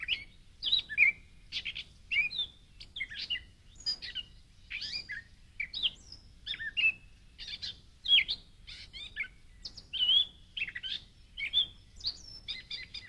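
Gray catbird song, a long run of jumbled squeaky and slurred whistled phrases in quick succession, with brief gaps between phrases.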